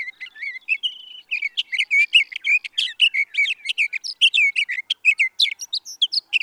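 Sage thrasher song: a soft start, then a long, fast, continuous warble of varied chirps and trills, ending in higher sharp notes.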